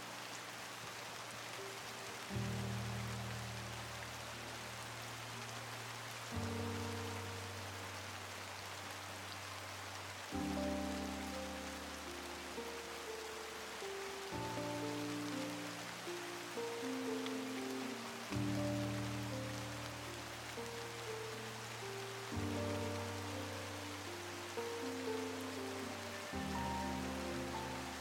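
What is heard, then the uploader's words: Light rain patters steadily while soft music plays, low sustained chords changing about every four seconds beneath a gentle, slow melody. The calming atmosphere of a light rain accompanied by soft music. Gentle RAIN and Relaxing MELODIES.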